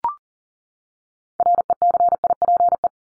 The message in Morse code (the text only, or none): RECIPE